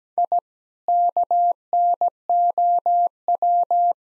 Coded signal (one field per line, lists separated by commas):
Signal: Morse code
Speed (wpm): 17 wpm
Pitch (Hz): 700 Hz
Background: none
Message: I KNOW